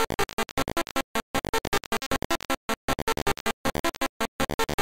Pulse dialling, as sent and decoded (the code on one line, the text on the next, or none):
none